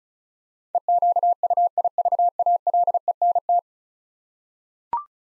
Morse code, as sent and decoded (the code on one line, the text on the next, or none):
. --.- ..- .. ...- .- .-.. . -. -
EQUIVALENT